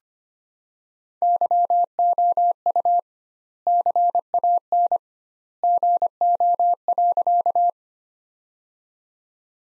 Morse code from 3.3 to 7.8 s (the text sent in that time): CAN GO.